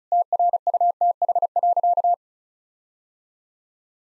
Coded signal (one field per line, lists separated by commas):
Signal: Morse code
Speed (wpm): 36 wpm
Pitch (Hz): 700 Hz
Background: none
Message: TRUTH.